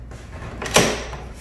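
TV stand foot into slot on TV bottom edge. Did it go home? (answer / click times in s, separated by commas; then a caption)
yes / 0.8 s. The right-hand plastic foot of a 2020 Samsung TU7000 Crystal UHD 4K flat-screen TV, marked R with the letter facing up, is slid into its slot on the TV's bottom edge, where it latches without screws. After a quiet stretch with a faint knock near the start, a sharp, bright click is heard at 0.8 s, and the foot is seated in place.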